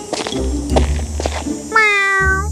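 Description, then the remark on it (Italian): A cat gives one soft, drawn-out meow with a steady, slightly falling pitch, following a stretch of muffled rustling and light knocks. “Fingendo di imbattersi per caso nel re che scendeva le scale, il gatto miagolò piano.”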